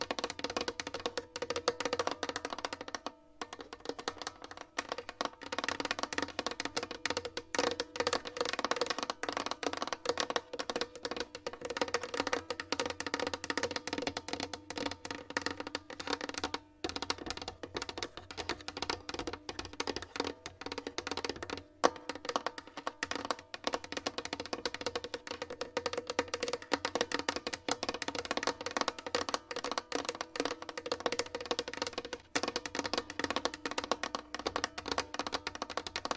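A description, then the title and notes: Long nails scratch and tap steadily, a dense run of crisp, bright strokes with little pause across the whole stretch. Brief gaps near 3, 17 and 22 seconds break the rhythm. ASMR Sleep Triggers - Brain Melting Scratching , Tapping , Massage Long Nails No Talking.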